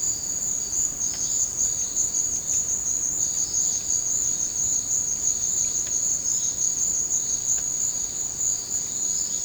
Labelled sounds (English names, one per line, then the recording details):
none
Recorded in dense forest near Puerto Asís, Putumayo, Colombia, on 9 March 2025 at 16:30
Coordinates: 0.486, -76.317
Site G053